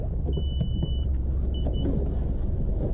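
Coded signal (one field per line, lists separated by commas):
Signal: none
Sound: a car's warning chime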